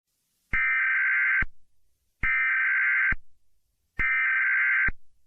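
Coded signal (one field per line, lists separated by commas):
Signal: Emergency Alert System (SAME) tones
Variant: header bursts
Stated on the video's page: Fictional simulated EAS scenario of a western earthquake disaster, using valid EAS tones.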